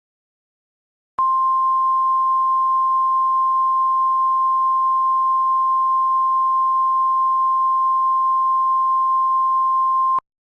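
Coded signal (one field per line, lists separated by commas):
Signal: Emergency Alert System (SAME) tones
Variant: 1050 Hz attention tone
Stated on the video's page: Fictional mock alert.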